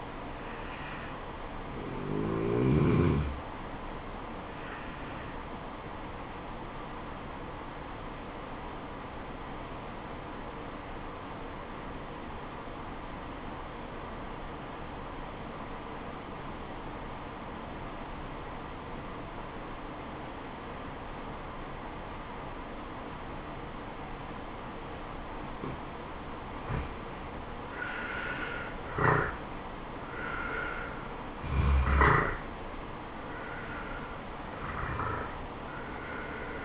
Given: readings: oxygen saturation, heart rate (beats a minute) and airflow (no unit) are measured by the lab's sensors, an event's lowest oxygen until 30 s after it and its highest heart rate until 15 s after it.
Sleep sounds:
breathing in sleep by a voice recorder at the bedside; 1
7.00-28.30 s: obstructive apnea (N2, oxygen 96% highest, then 86% lowest, heart rate 77 at the start, 77 highest)
From the record:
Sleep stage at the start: N2 (light sleep); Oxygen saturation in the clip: 86 to 96%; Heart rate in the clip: 68 to 77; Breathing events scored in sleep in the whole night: 426 in 7.4 hours asleep

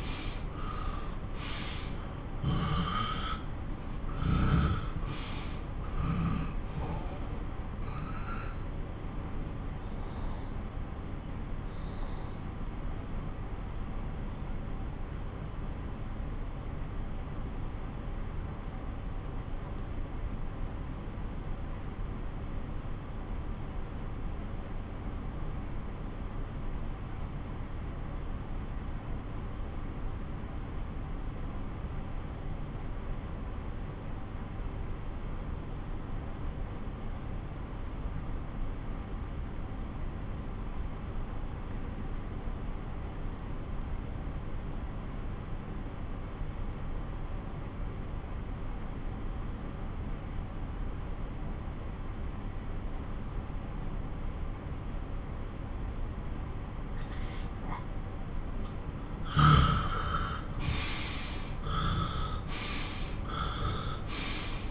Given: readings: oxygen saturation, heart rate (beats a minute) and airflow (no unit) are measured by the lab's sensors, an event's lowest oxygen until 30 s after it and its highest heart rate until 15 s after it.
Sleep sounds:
breathing in sleep by a smartphone at the bedside; 1
5.00-58.10 s: obstructive apnea (N1, oxygen 96% highest, then 87% lowest)
17.00-47.00 s: new sleep stage, N2 (light sleep)
47.00-64.71 s: new sleep stage, N1 (lightest sleep)
From the record:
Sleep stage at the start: N1 (lightest sleep); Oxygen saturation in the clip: 90 to 96%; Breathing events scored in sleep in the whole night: 217 in 6.3 hours asleep

